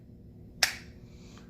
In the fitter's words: That's a click.